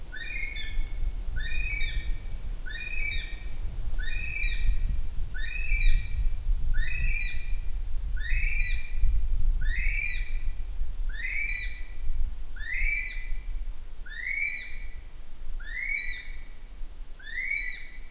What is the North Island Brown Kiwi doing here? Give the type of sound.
male call